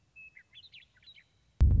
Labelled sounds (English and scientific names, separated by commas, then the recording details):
Western Meadowlark (Sturnella neglecta)
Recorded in Sonoma County, California